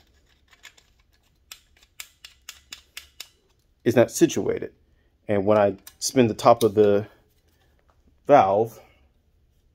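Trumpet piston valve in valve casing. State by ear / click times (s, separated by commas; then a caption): not seated / none. The top of a metal trumpet piston valve is spun inside its valve casing, making a series of short, sharp metallic ticks and scrapes between about 0.5 and 3.2 seconds, followed by someone talking. The valve has not yet clicked into alignment with the casing, and nothing has seated by the end of the clip.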